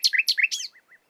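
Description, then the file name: Common nightingale giving a brief phrase of three harsh swept notes followed by a couple of soft notes. "Luscinia megarhynchos"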